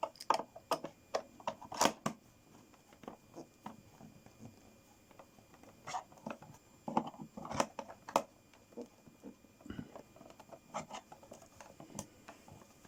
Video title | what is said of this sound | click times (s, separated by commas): Fixing PSU and Installing zorin OS Update | It's still not seated right. | 0.3 s, 8.2 s